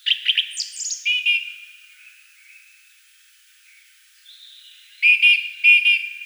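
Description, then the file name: Song thrush phrases: a fast squeaky flourish, a thin drawn-out note, then two sharp repeated phrases at the end. "Turdus philomelos"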